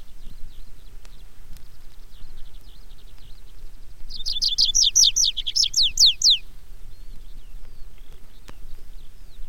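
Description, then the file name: Tree pipit song: a single short burst of rapid, high, repeated notes, with faint chirps before it. "baumpieper"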